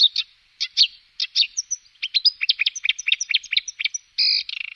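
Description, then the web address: Marsh warbler song: quick, varied mix of chirps, clicks, thin whistles and buzzy notes tumbling together, ending with a harsh rasp and chatter. "Cursus Vogelzang Bosrietzanger"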